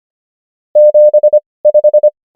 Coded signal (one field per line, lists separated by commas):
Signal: Morse code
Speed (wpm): 25 wpm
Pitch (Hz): 600 Hz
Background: none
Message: 7 5